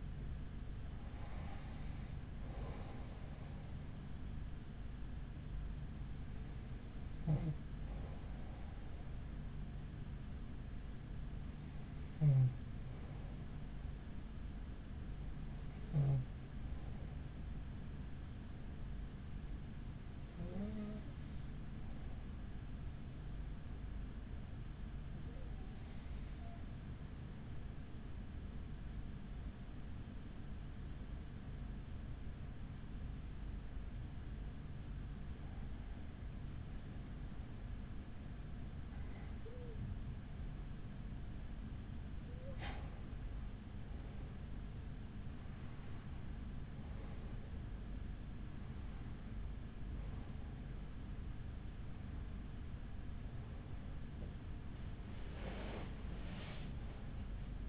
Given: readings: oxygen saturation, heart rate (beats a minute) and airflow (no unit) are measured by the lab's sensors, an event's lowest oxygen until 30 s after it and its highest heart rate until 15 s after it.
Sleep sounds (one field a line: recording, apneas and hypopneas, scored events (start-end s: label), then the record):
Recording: breathing in sleep by a smartphone at the bedside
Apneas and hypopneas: 1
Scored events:
6.00-57.69 s: new sleep stage, REM sleep
26.00-45.60 s: hypopnea (REM, oxygen 94% highest, then 92% lowest, heart rate 45 at the start, 52 highest)
From the record:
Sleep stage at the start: N2 (light sleep)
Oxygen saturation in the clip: 91 to 94%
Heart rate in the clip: 41 to 52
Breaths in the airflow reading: 13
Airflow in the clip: -6.4 to 7.0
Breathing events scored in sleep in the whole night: 207 in 7.6 hours asleep